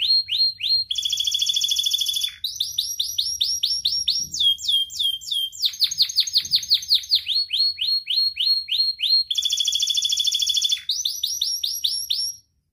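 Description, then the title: Atlantic canary song: alternating buzzy rolls and runs of sweeping whistled notes, each phrase repeated quickly several times. Prolific, vigorously singing ('gacor') canary; praised for its best 'cengkok' phrasing and most luxurious 'isian' song fill, within Indonesian songbird-keeping hobby. "Kenari Gacor Cengkok Terbaik Isian Paling Mewah Kenarigacor Kicaumania Kenari"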